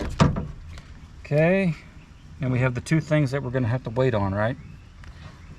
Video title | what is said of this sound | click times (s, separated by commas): Ford F150 crew cab back door locks aren't working!!! Lets replace the harness! | plug it in till it clicks | 0.2 s